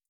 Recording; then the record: hydrophone in a shrimp aquaculture tank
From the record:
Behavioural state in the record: feeding